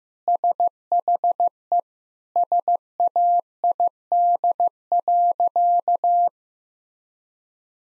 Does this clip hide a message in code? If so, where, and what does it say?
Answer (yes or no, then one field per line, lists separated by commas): yes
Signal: Morse code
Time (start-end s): 0.3-6.3 s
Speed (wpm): 15 wpm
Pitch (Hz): 700 Hz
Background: none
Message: SHE SAID.